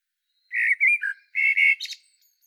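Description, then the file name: Common blackbird song phrase: a few low mellow fluted notes, then a thinner, higher squeaky flourish at the end. No other sounds. "Turdus merula"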